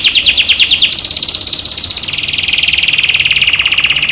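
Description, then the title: Canary singing rapid trills, a quick pulsed phrase jumping to a higher sustained rolling trill, then sliding down into a steady lower buzzy roll. Caged canary; training therapy to raise a cage bird's singing volume. "terapi kenari AMPUH untuk TINGKATKAN VOLUME"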